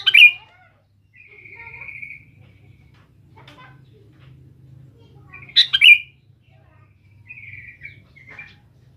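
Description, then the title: Sooty-headed bulbul song: two bright, bubbly phrases, with thin, level whistled notes between and after them, over a faint low rumble. "Kutilang"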